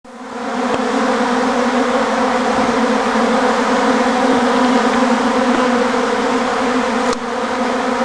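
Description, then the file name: Bee buzzing rises from quiet into a continuous, even droning hum that holds throughout, dipping slightly near the end. "abejas zumbando"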